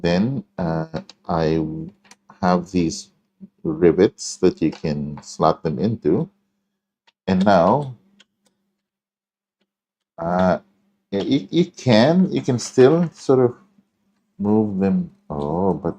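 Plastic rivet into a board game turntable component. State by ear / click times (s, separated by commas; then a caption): seated / 8.2 s, 8.5 s. Plastic rivets are slotted into the pieces of a board game turntable component and pushed home while someone talks. Two faint, short clicks sound at 8.2 and 8.5 seconds as a rivet clicks into place, seated even though the pieces can still move a little.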